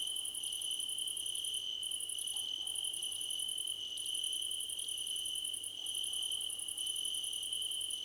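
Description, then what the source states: Crickets sing together, a ringing steady trill beneath long runs of quick high-pitched pulses with occasional brief breaks. Crickets in a chorus described as a choir competition.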